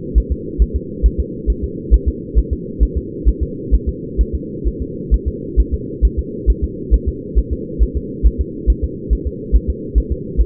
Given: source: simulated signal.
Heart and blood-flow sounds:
fetal heart sounds
0.18 s: S1
0.32 s: S2
0.62 s: S1
0.76 s: S2
1.06 s: S1
1.20 s: S2
1.50 s: S1
1.64 s: S2
1.94 s: S1
2.08 s: S2
2.38 s: S1
2.53 s: S2
2.83 s: S1
2.97 s: S2
3.28 s: S1
3.43 s: S2
3.74 s: S1
3.89 s: S2
4.21 s: S1
4.35 s: S2
4.67 s: S1
4.82 s: S2
5.14 s: S1
5.28 s: S2
5.60 s: S1
5.74 s: S2
6.05 s: S1
6.19 s: S2
6.50 s: S1
6.64 s: S2
6.94 s: S1
7.08 s: S2
7.38 s: S1
7.53 s: S2
7.83 s: S1
7.97 s: S2
8.27 s: S1
8.41 s: S2
8.70 s: S1
8.84 s: S2
9.13 s: S1
9.27 s: S2
9.56 s: S1
9.70 s: S2
9.98 s: S1
10.12 s: S2
10.41 s: S1
From the record:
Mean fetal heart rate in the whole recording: 135 bpm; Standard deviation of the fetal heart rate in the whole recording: 3 bpm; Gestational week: 34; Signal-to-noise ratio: -4.1 dB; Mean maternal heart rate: no maternal heart sound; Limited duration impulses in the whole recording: absent

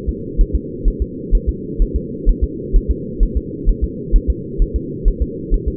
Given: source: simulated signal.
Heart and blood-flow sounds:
fetal heart sounds
0.09 s: S2
0.41 s: S1
0.56 s: S2
0.88 s: S1
1.02 s: S2
1.35 s: S1
1.49 s: S2
1.82 s: S1
1.96 s: S2
2.29 s: S1
2.44 s: S2
2.76 s: S1
2.91 s: S2
3.23 s: S1
3.37 s: S2
3.69 s: S1
3.84 s: S2
4.16 s: S1
4.30 s: S2
4.62 s: S1
4.76 s: S2
5.08 s: S1
5.22 s: S2
5.54 s: S1
5.68 s: S2
From the record:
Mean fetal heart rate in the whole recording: 130 bpm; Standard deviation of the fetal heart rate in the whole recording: 4 bpm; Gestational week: 38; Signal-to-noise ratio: -4.1 dB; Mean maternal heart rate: no maternal heart sound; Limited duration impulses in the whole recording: absent

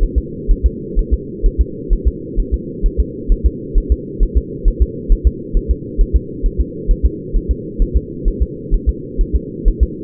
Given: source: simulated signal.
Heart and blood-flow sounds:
fetal heart sounds
0.03 s: S1
0.18 s: S2
0.51 s: S1
0.66 s: S2
0.99 s: S1
1.13 s: S2
1.46 s: S1
1.61 s: S2
1.93 s: S1
2.08 s: S2
2.39 s: S1
2.54 s: S2
2.86 s: S1
3.00 s: S2
3.32 s: S1
3.46 s: S2
3.78 s: S1
3.92 s: S2
4.23 s: S1
4.38 s: S2
4.68 s: S1
4.82 s: S2
5.12 s: S1
5.27 s: S2
5.57 s: S1
5.71 s: S2
6.01 s: S1
6.16 s: S2
6.46 s: S1
6.61 s: S2
6.91 s: S1
7.06 s: S2
7.36 s: S1
7.51 s: S2
7.82 s: S1
7.97 s: S2
8.28 s: S1
8.43 s: S2
8.74 s: S1
8.89 s: S2
9.21 s: S1
9.36 s: S2
9.68 s: S1
9.83 s: S2
From the record:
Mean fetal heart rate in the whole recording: 130 bpm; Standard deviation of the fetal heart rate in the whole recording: 4 bpm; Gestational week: 38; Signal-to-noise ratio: -4.1 dB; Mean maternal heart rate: no maternal heart sound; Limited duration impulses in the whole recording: absent

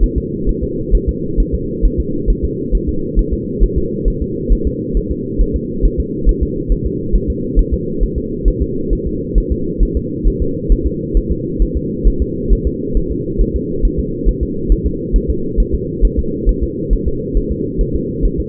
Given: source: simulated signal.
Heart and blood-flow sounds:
fetal heart sounds
0.04 s: S1
0.18 s: S2
0.49 s: S1
0.64 s: S2
0.95 s: S1
1.09 s: S2
1.40 s: S1
1.55 s: S2
1.85 s: S1
2.00 s: S2
2.30 s: S1
2.45 s: S2
2.75 s: S1
2.89 s: S2
3.19 s: S1
3.34 s: S2
3.63 s: S1
3.78 s: S2
4.08 s: S1
4.22 s: S2
4.53 s: S1
4.67 s: S2
4.97 s: S1
5.11 s: S2
5.41 s: S1
5.56 s: S2
5.85 s: S1
6.00 s: S2
6.29 s: S1
6.43 s: S2
6.72 s: S1
6.87 s: S2
7.15 s: S1
7.30 s: S2
7.59 s: S1
7.74 s: S2
8.03 s: S1
8.18 s: S2
8.48 s: S1
8.62 s: S2
8.93 s: S1
9.07 s: S2
9.38 s: S1
9.52 s: S2
9.83 s: S1
9.97 s: S2
10.27 s: S1
10.42 s: S2
10.72 s: S1
10.87 s: S2
11.17 s: S1
11.32 s: S2
11.62 s: S1
11.77 s: S2
12.07 s: S1
12.22 s: S2
12.52 s: S1
12.67 s: S2
12.97 s: S1
13.12 s: S2
13.41 s: S1
13.56 s: S2
13.85 s: S1
13.99 s: S2
14.29 s: S1
14.43 s: S2
14.72 s: S1
14.87 s: S2
15.16 s: S1
15.30 s: S2
15.60 s: S1
15.74 s: S2
16.05 s: S1
16.19 s: S2
16.49 s: S1
16.63 s: S2
16.93 s: S1
17.08 s: S2
17.37 s: S1
17.52 s: S2
17.81 s: S1
17.96 s: S2
18.25 s: S1
18.40 s: S2
From the record:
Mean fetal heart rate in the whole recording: 135 bpm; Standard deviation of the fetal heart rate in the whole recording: 3 bpm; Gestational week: 36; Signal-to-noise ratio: -6.6 dB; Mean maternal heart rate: 72 bpm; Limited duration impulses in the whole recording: present

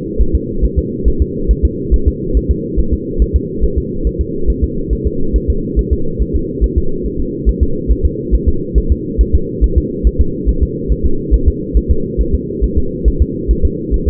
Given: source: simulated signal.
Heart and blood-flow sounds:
fetal heart sounds
0.21 s: S1
0.35 s: S2
0.65 s: S1
0.79 s: S2
1.08 s: S1
1.22 s: S2
1.51 s: S1
1.65 s: S2
1.94 s: S1
2.08 s: S2
2.37 s: S1
2.51 s: S2
2.80 s: S1
2.93 s: S2
3.22 s: S1
3.36 s: S2
3.64 s: S1
3.78 s: S2
4.07 s: S1
4.21 s: S2
4.50 s: S1
4.64 s: S2
4.93 s: S1
5.07 s: S2
5.36 s: S1
5.50 s: S2
5.79 s: S1
5.93 s: S2
6.22 s: S1
6.36 s: S2
6.64 s: S1
6.78 s: S2
7.06 s: S1
7.20 s: S2
7.49 s: S1
7.63 s: S2
7.91 s: S1
8.05 s: S2
8.34 s: S1
8.48 s: S2
8.78 s: S1
8.92 s: S2
9.21 s: S1
9.35 s: S2
9.64 s: S1
9.78 s: S2
10.07 s: S1
10.21 s: S2
10.49 s: S1
10.63 s: S2
10.92 s: S1
11.06 s: S2
11.34 s: S1
11.48 s: S2
11.77 s: S1
11.91 s: S2
12.21 s: S1
12.35 s: S2
12.64 s: S1
12.78 s: S2
13.08 s: S1
13.22 s: S2
13.51 s: S1
13.65 s: S2
13.94 s: S1
14.08 s: S2
From the record:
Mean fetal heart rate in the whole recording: 140 bpm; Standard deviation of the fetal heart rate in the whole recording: 2 bpm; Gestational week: 34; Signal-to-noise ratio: -8.1 dB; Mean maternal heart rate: 72 bpm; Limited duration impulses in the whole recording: absent

